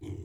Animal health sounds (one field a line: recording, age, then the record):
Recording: pig call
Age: weaner (32 to 43 days)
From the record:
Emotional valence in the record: negative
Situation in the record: negative conditioning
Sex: female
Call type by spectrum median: low-frequency call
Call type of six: low-frequency stable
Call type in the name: low-frequency stable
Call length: 0.24 s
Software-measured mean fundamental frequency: 35 Hz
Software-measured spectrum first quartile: 97 Hz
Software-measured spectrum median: 191 Hz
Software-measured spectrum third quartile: 378 Hz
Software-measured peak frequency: 100 Hz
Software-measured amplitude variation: 179 dB a second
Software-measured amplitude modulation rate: 26.6 a second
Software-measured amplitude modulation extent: 6.7 dB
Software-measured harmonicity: -0.6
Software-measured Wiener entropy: 0.09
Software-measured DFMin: 1190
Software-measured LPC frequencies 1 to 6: 309, 2208, 3158, 6413, 7174, 7699 Hz